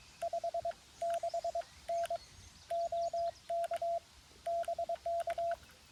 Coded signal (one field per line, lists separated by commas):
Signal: Morse code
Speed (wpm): 22 wpm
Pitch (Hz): 690 Hz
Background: none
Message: 56N OK BK